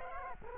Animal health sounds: mosquito wingbeat signal from an infrared sensor; Culex quinquefasciatus

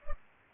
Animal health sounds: mosquito wingbeat signal from an infrared sensor; Culex pipiens

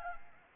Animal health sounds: mosquito wingbeat signal from an infrared sensor; Anopheles arabiensis

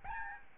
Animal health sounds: mosquito wingbeat signal from an infrared sensor; Aedes albopictus

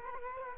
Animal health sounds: mosquito wingbeat signal from an infrared sensor; Culex quinquefasciatus

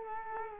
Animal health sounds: mosquito wingbeat signal from an infrared sensor; Culex quinquefasciatus

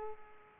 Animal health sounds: mosquito wingbeat signal from an infrared sensor; Culex pipiens

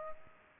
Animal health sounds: mosquito wingbeat signal from an infrared sensor; Aedes aegypti

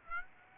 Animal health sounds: mosquito wingbeat signal from an infrared sensor; Aedes aegypti

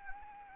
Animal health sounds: mosquito wingbeat signal from an infrared sensor; Anopheles arabiensis

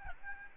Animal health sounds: mosquito wingbeat signal from an infrared sensor; Aedes albopictus

